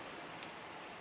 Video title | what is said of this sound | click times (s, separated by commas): AIT 1003 Hydraulic System Fundamentals Proper Adjustment and Use of Torque Wrench | a very very light uh click i'm going to back this one off so we can get a little bit better | 0.4 s